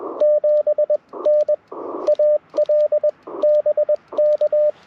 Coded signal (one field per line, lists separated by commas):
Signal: Morse code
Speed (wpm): 20 wpm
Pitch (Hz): 590 Hz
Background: radio noise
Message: 7N AL BK